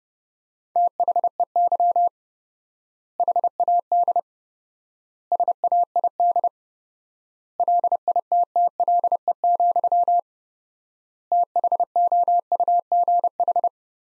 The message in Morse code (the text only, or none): THEY HAD SAID LITTLE, THOUGH